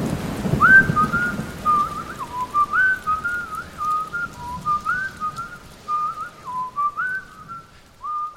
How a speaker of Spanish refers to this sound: En fin, siempre me quedarán las tormentas de verano.